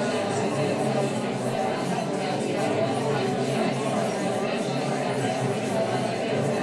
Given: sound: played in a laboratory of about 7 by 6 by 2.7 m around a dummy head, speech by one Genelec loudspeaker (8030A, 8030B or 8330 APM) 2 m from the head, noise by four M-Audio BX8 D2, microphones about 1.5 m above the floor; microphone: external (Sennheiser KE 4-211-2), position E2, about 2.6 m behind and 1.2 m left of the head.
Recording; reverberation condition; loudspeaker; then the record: babble noise; medium; four, about 170 cm from the corners of the room and facing them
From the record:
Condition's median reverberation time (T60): about 510 ms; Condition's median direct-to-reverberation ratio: about -0.5 dB